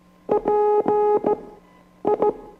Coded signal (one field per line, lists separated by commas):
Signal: Morse code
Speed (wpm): 16 wpm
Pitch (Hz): 420 Hz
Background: none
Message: PI